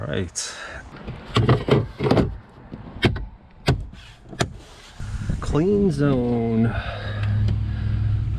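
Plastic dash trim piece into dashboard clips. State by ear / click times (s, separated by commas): not seated / none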